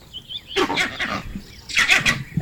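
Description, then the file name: Pigs giving loud, harsh squealing bursts in two noisy bouts, with a faint wavering whistle-like tone at the start. "Porcs"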